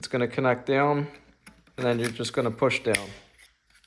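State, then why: Not seated. Someone talks while a 2032 coin cell battery, lined up with the post in the corner, is being handled into the battery holder of a garage door remote, ready to be pressed down. A couple of faint, brief sounds come near the end at about 3.7 and 3.8 seconds. Nothing has seated or clicked yet.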